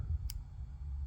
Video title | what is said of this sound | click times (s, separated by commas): How to Crimp Weather Pack Connectors | I don't know if you guys heard that but there was a click there was a positive click you give a little tug it doesn't come out okay | 0.3 s